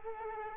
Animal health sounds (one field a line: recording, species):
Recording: mosquito wingbeat signal from an infrared sensor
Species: Culex quinquefasciatus